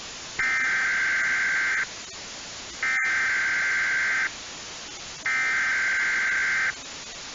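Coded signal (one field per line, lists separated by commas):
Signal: Emergency Alert System (SAME) tones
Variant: header bursts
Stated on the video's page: Scenario recreation of a real tornado warning issued for a tropical storm; not a live broadcast.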